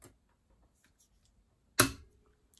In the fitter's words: until it clicks and it's quite a force required that goes on there